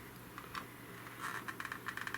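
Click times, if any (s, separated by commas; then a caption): none. A helmet visor on a Simpson Mod Bandit is flexed open while a plastic anti-fog insert is pressed onto its pins. Quiet handling gives way to a series of short, bright plastic ticks and rattles, sharpest near 2.0, 2.1 and 2.2 seconds. Nothing has seated or clicked into place yet.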